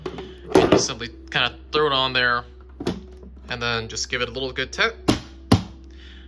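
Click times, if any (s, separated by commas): 5.5 s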